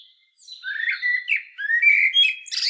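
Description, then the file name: Common blackbird song: one short phrase of fluted whistles ending in a high, scratchy twitter. "Turdus merula"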